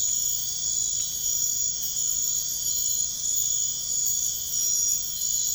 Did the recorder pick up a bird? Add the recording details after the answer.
no. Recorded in pastures near Puerto Asís, Putumayo, Colombia, on 21 March 2025 at 02:00. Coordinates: 0.502, -76.324. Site GP07